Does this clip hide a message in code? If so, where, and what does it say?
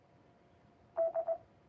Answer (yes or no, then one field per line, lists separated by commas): no